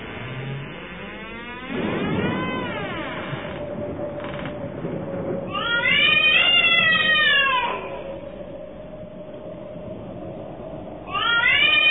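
Cat howling: drawn-out wavering wails that rise and fall, with a long loud yowl in the middle and another starting at the end.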